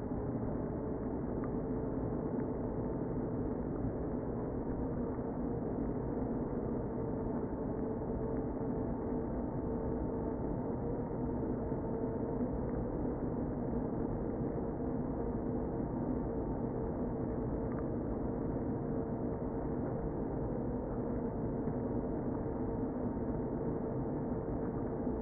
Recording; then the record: honeybee colony, microphone inside the hive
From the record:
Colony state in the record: queen present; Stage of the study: before two queens were removed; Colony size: about 60,000 bees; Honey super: yes